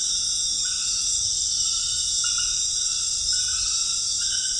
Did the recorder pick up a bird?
no